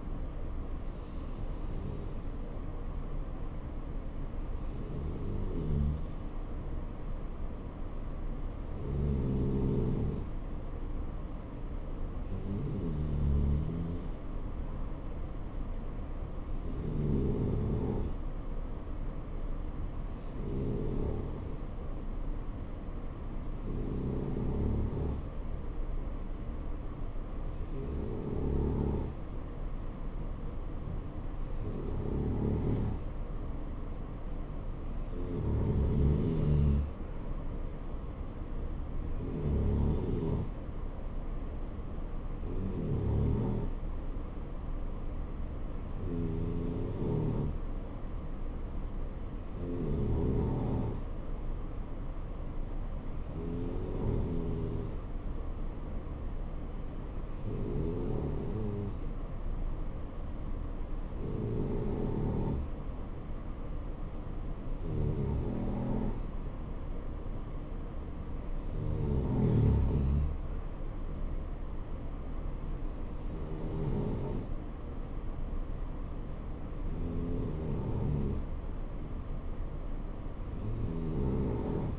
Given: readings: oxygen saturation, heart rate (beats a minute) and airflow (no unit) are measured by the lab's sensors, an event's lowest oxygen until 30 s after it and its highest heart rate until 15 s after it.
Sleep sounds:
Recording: breathing in sleep by a smartphone at the bedside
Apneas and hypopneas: none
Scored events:
none scored
From the record:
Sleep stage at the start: N2 (light sleep)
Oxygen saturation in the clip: 90 to 92%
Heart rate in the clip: 60 to 70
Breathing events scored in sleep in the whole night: 277 in 7.4 hours asleep

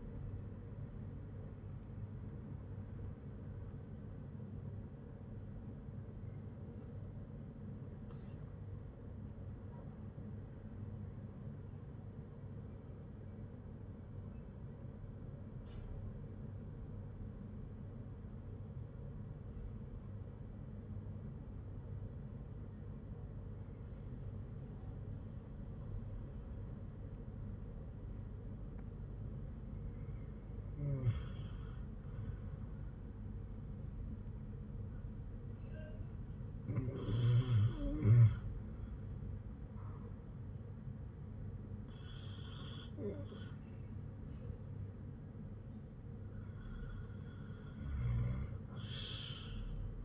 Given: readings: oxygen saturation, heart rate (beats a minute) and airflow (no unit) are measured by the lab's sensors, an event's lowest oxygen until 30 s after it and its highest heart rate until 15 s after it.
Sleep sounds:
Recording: breathing in sleep by a smartphone at the bedside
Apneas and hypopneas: 1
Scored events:
15.00-35.50 s: hypopnea (N1, oxygen 98% highest, then 95% lowest, heart rate 55 at the start, 60 highest)
From the record:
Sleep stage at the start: N1 (lightest sleep)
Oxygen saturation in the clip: 87 to 98%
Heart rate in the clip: 55 to 70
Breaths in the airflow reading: 8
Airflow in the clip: -8.6 to 6.5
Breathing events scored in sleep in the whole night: 182 in 7.4 hours asleep

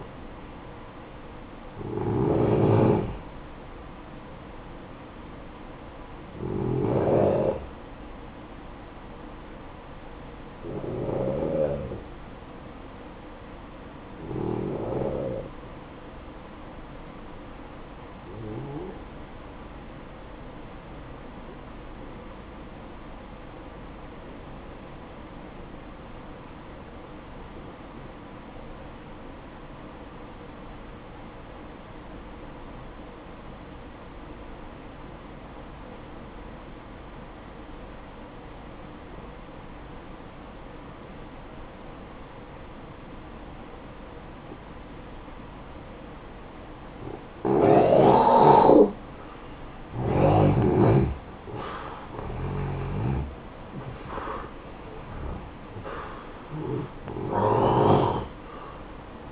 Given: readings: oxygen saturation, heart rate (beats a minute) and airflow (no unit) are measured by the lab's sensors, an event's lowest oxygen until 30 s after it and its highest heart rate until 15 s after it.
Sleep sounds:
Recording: breathing in sleep by a voice recorder at the bedside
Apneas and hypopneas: 1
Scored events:
23.00-47.40 s: obstructive apnea (N1, oxygen 96% highest, then 89% lowest, heart rate 57 at the start, 73 highest)
From the record:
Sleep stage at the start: N1 (lightest sleep)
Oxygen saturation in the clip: 86 to 96%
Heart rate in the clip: 53 to 73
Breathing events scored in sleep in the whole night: 573 in 9.8 hours asleep

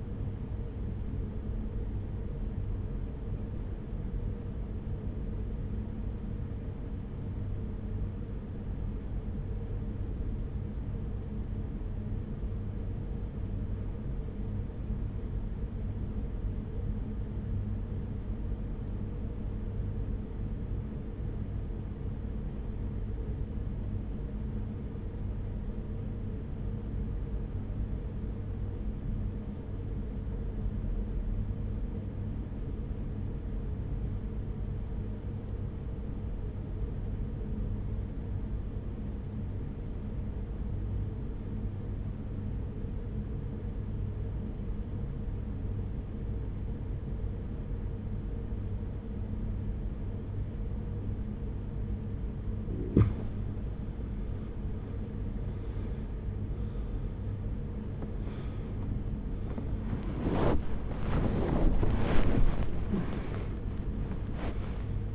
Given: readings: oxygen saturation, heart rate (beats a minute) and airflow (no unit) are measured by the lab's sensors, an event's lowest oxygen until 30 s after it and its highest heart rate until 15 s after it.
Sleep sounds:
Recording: breathing in sleep by a smartphone at the bedside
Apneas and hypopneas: 1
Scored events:
3.00-53.50 s: obstructive apnea (REM, oxygen 95% highest, then 80% lowest, heart rate 48 at the start, 78 highest)
48.00-65.15 s: new sleep stage, awake
54.00-65.15 s: awake
From the record:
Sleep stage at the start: REM sleep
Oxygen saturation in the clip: 83 to 95%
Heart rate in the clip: 44 to 73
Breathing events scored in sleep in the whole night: 210 in 6.9 hours asleep

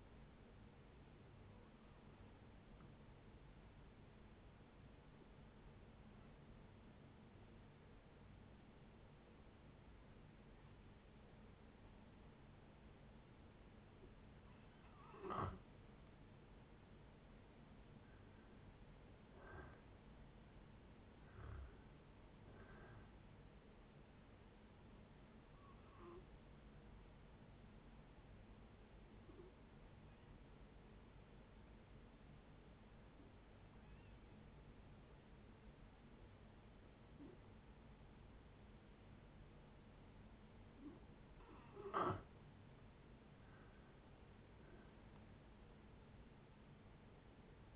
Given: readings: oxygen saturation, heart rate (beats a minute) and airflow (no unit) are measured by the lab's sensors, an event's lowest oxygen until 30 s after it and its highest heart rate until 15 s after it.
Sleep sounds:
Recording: breathing in sleep by a voice recorder at the bedside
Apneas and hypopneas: 2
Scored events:
3.00-17.50 s: hypopnea (N2, oxygen 95% highest, then 89% lowest, heart rate 71 at the start, 73 highest)
26.00-42.50 s: hypopnea (N2, oxygen 95% highest, then 86% lowest, heart rate 71 at the start, 76 highest)
34.00-47.76 s: new sleep stage, N1 (lightest sleep)
From the record:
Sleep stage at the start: N2 (light sleep)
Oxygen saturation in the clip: 89 to 95%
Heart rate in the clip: 59 to 73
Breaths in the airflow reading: 11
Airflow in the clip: -10.9 to 14.9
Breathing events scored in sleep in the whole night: 496 in 5.4 hours asleep

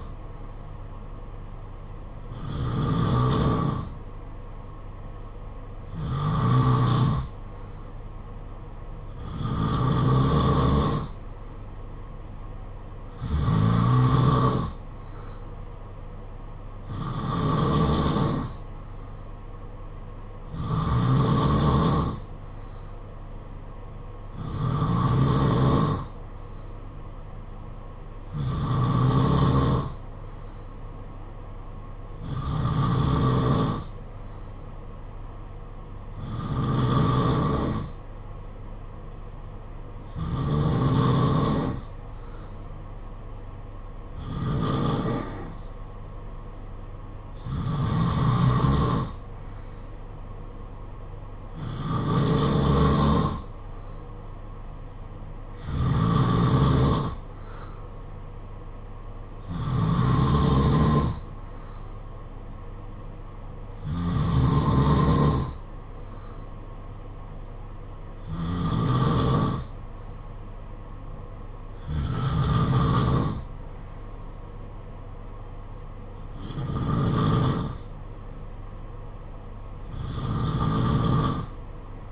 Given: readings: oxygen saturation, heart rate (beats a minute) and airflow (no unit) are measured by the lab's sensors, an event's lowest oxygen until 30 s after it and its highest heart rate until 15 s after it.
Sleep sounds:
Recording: breathing in sleep by a smartphone at the bedside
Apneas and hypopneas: none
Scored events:
none scored
From the record:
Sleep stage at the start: N2 (light sleep)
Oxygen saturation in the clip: 90 to 92%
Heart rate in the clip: 48 to 58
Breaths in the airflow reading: 21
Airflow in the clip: -5.9 to 4.1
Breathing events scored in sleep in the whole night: 476 in 9.7 hours asleep

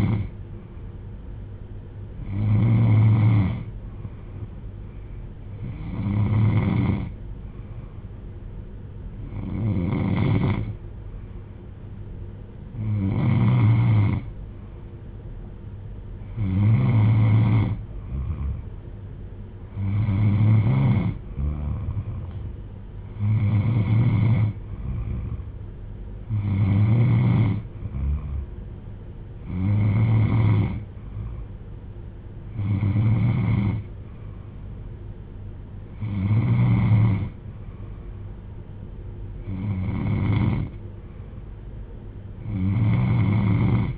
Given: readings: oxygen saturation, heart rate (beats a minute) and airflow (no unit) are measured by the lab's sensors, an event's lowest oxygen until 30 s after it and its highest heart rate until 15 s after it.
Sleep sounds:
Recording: breathing in sleep by a smartphone at the bedside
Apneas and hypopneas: none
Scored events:
none scored
From the record:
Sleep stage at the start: N3 (deep sleep)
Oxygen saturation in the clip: 93 to 95%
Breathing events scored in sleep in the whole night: 310 in 8.1 hours asleep

